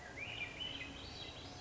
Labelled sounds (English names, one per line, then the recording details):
Swainson's Thrush
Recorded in Sonoma County, California